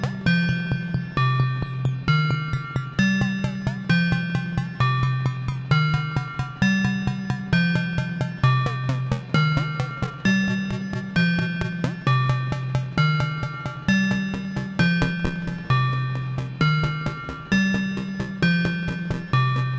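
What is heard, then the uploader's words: Bell sounds repeat in a steady, looping pattern, each bright chime ringing with clear overtones over a low, pulsing tone that shifts between a few pitches. The strikes come quickly and evenly throughout, with a dense, regular rhythm and no pauses. Making Bell Sounds. Modules used in this episode: Ornament and Crime, Erica Synths Black Wavetable VCO, Pico RND, DIY Swamp, Befaco Even VCO, Noise Engineering Basimilus Iteritas Alter, Desmodus, Versio, Make Noise Maths, Mimeophon, AI Synthesis Quad VCA/Mixer, Bastl ABC Mixer, Pittsburgh Modular Crush.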